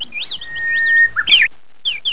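Bird calls: wavering whistled notes rising and falling, a long steady whistle, then a burst of harsher chirps and two short falling whistles after a brief pause.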